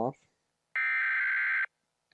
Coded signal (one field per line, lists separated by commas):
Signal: Emergency Alert System (SAME) tones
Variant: header bursts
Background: speech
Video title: Watching EAS Scenarios, again